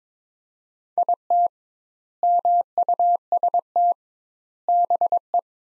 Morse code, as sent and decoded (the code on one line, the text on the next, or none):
.. - / -- ..- ... - / -... .
IT MUST BE